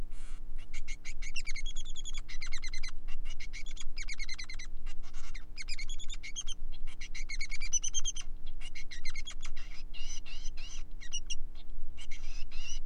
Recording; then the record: song of a male Bengalese finch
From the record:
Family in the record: son of father 3